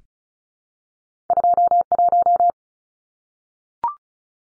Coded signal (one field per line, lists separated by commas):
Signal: Morse code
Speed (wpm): 36 wpm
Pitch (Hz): 700 Hz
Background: none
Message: 21